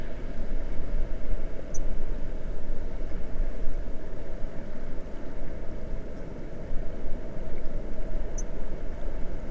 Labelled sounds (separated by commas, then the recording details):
songbird, water
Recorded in the Prudhoe Bay oil fields, Alaska, on 22 May 2019 at 00:30
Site 21